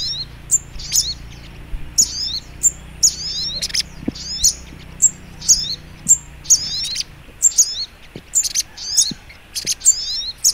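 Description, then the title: Little Spiderhunter song: insistent high, squeaky chirp phrases with a downward twist, delivered in a steady run, a low hum in the background. Training recording (masteran). "Masteran Burung Sogok Ontong Labaik"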